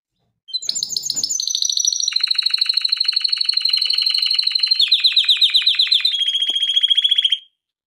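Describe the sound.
Canary delivering chained trills: fast pulsed phrases that step between pitches, a long mid-high roll, then higher rattling tours before stopping abruptly.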